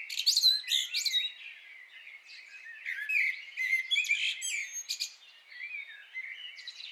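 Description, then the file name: Common blackbird giving sharp high twitters and short warbled whistles, irregular and busy, with loud notes early and softer phrases toward the end. "Turdus merula"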